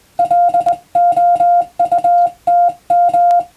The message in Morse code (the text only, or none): LOUTM